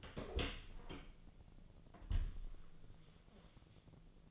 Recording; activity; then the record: daily activity, microphone in the room; open door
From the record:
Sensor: 4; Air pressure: 1001.3 hPa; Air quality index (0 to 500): 183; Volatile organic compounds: 2 ppm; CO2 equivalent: 1311 ppm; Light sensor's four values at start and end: 16/37/15/16 and 14/32/13/13